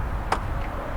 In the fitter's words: Hear a little click come up, and you'll see the rear part raised.